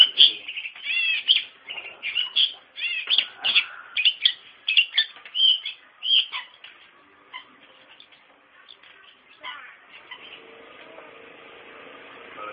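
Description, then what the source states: Long-tailed shrike song, a lively scratchy chatter of mixed notes for about six seconds, then fading to scattered faint notes. Singing lively (gacor).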